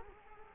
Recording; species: mosquito wingbeat signal from an infrared sensor; Culex quinquefasciatus